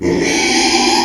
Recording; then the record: squeal of a Yucatan mini pig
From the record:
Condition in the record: after surgery on the right vocal fold (resection and tissue-engineered implant); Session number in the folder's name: 2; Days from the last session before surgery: 13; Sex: male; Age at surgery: 12 weeks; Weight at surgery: 13 kg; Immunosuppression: cyclosporine, prednisolone